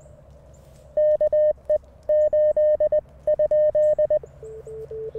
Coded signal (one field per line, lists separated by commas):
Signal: Morse code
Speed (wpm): 20 wpm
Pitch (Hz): 590 Hz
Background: none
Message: KE 8 ?